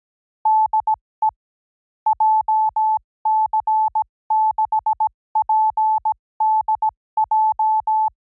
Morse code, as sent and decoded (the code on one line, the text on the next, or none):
-.. . / .--- -.-. -.... .--. -.. .---
DE JC6PDJ